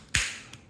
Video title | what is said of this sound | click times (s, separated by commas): How to replace your car key fob battery | sits it'ss flush and then all you have to do is just use a little bit of force to press it down and then you should hear a click | 0.2 s